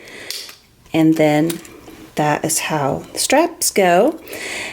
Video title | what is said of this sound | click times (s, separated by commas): NEW FENDI BAG UNBOXING!!! AND LADY DIOR UPDATE!!! | there we go and you hear it click | 0.3 s